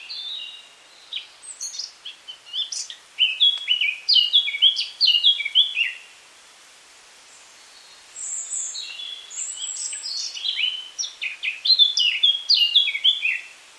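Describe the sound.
Eurasian Blackcap song: two long bursts of rich, rapid warbling, each several seconds long, separated by a short silent pause.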